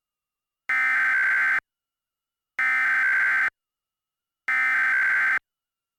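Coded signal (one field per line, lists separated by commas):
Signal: Emergency Alert System (SAME) tones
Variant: header bursts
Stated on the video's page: Fictional EAS mock, not a real transmission.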